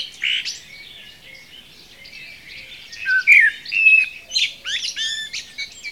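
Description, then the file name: Common blackbird, a brief note then a quiet spell, then a phrase of bright fluty whistles breaking into rapid high, scratchy chirps in the second half. "Turdus merula"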